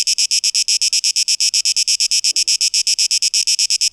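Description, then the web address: Cicada song of evenly spaced, rasping, high-pitched pulses, many a second, with a faint low sound briefly midway. 12 August 2023; tape echo mix. "rauschpartikel 2023-08-12 Zikaden"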